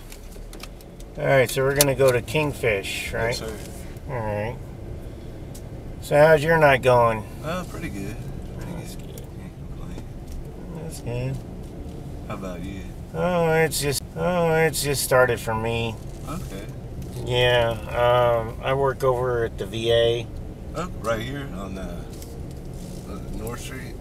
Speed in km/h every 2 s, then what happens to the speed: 8, 13, 15, 18, 18, 19, 18, 18, 19, 16, 16, 21.
0-5 speeds up to 18. 5-20 steady at about 18.